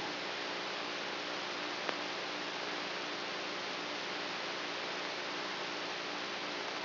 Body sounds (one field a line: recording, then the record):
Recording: brain microelectrode recording played as sound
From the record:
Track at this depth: inside the subthalamic nucleus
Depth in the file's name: 2.005 mm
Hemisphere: right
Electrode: 3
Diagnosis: Parkinson's disease